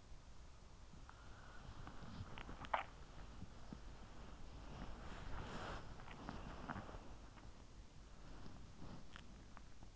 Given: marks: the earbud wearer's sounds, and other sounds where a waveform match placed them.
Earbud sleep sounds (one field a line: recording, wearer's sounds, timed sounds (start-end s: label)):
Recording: sounds in sleep by an in-ear microphone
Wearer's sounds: body movement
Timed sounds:
0.00-9.63 s: body movement